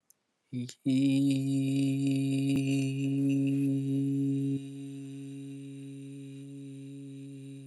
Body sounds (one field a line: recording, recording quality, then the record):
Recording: sustained vowel as in beet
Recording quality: excellent, no background noise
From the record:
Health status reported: healthy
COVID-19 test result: negative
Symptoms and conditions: none ticked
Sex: male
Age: 24 years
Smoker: not ticked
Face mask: not worn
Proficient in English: yes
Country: India